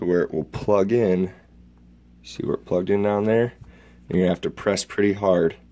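A graphics card is being handled at the PCIe slot of an Akitio Thunderbolt 3 PCIe external expansion box for an HP Spectre notebook, and it is to be pressed hard down into the slot. Someone talks throughout, with a faint tick near 1.8 seconds between phrases. Nothing has seated or clicked yet.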